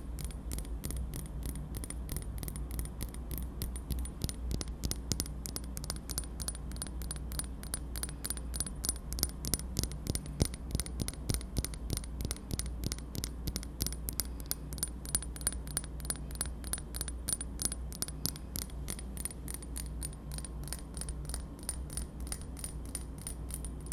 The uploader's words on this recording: ASMR TAPPING on Dark things 黒いものにタッピング.